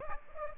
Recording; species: mosquito wingbeat signal from an infrared sensor; Aedes aegypti